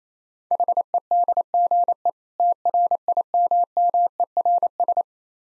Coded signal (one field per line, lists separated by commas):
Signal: Morse code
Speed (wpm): 28 wpm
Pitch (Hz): 700 Hz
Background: none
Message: HEDGE TRIMMERS